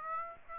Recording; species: mosquito wingbeat signal from an infrared sensor; Aedes aegypti